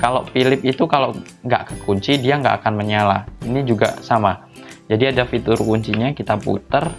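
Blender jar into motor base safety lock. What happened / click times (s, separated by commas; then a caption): The jar is being twisted toward its lock but no seating click is heard yet / none. Someone talks over background music while a plastic blender jar of a Cosmos CP-282-AP is being twisted onto its motor base to engage the safety lock, which keeps the blender from switching on unless the jar is locked. Nothing has seated or clicked yet; the clip ends just before the jar locks home.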